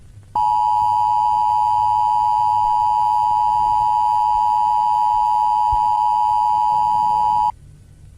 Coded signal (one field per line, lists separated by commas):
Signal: Emergency Alert System (SAME) tones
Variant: 853 and 960 Hz attention tone